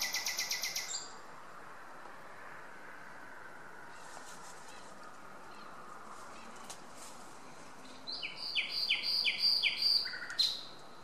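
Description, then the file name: Common nightingale song: a quick burst of rapid repeated high notes, a long quiet gap, then a run of loud, evenly repeated chirping notes near the end. "Luscinia megarhynchos"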